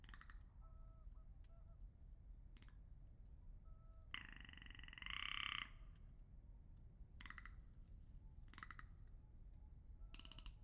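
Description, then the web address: Rock ptarmigan giving dry, rattling croaks, one long burst near the middle and shorter rasps later, with faint thin whistles and a low steady rumble. Recorded with a Lewitt LCT 540 S microphone, 13 April 2019. "2019 04 13 lewitt lct 540 s and rock ptarmigan"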